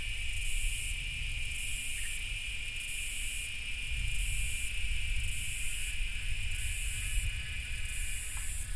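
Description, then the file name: Cicada buzz pulsing at regular intervals over an unbroken whining tone, with continuous low rumbling noise underneath. Cicadas calling during thunder. "AMB CICADAS THUNDER"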